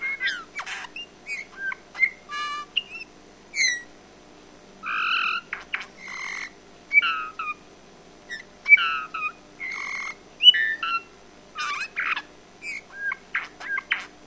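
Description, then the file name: Eurasian bullfinch calls: a busy run of short whistled notes, buzzy harmonic bursts and creaky chirps, irregularly spaced throughout with brief pauses. "Pyrrhula pyrrhula"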